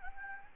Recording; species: mosquito wingbeat signal from an infrared sensor; Anopheles gambiae